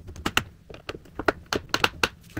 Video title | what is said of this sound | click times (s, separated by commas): How to Upgrade RAM on a Dell G15 5511 - Fix Lag & Slow Running laptop - Speed up System- | the case open right down here you could hear that just pop | 0.4 s, 1.3 s, 1.5 s, 1.7 s, 1.8 s, 2.0 s